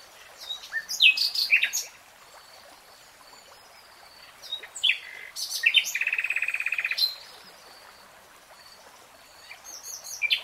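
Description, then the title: Nightingale song: separated bursts of rich chirps and slurred notes, with a fast buzzy trill in the middle and quiet gaps between phrases. Nightingale singing, recorded in real time. "[Tiếng chim hót] Nightingale Singing"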